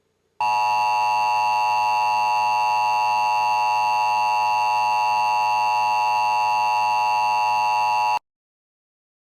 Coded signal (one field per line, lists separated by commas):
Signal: Emergency Alert System (SAME) tones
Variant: 853 and 960 Hz attention tone